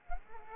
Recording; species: mosquito wingbeat signal from an infrared sensor; Culex quinquefasciatus